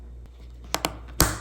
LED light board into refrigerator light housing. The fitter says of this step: Just slide it in, align it with the pin, snap it down.